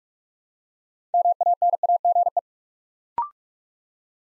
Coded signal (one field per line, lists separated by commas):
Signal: Morse code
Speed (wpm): 44 wpm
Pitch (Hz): 700 Hz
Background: none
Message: MANAGE